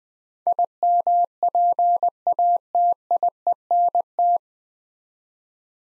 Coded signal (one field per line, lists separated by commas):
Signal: Morse code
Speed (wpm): 20 wpm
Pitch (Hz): 700 Hz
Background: none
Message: IMPATIENT